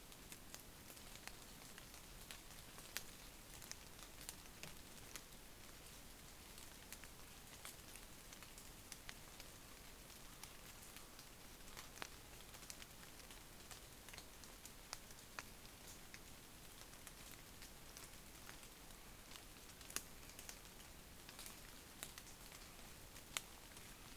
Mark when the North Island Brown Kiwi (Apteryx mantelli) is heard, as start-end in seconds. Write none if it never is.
none